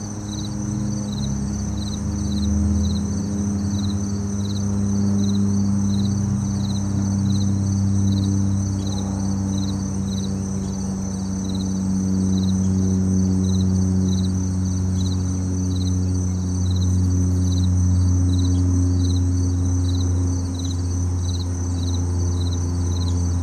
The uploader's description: Crickets and cicadas sing all day, birds chirp and the world goes rushing by